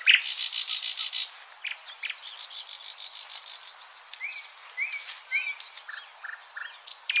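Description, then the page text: Thrush nightingale singing: a bright rapid pulsed burst opens, then softer chattering notes and short rising whistles follow in quick succession. "Thrush Nightingale #song Nattergal. knut the bird nerd"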